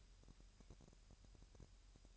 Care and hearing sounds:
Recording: daily activity, microphone in the room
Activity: take from stove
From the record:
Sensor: 2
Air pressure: 1001.8 hPa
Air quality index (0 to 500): 239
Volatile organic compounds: 31 ppm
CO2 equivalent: 2971 ppm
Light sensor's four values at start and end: 5/11/4/4 and 5/11/4/4

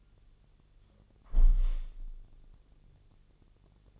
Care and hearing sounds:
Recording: daily activity, microphone in the room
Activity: close window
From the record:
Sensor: 4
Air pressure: 1001.2 hPa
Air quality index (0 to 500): 158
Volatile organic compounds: 2 ppm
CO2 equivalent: 1142 ppm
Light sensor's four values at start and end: 12/29/12/12 and 12/29/12/12

